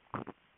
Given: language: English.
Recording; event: throat vibration sensor signal played as sound; swallow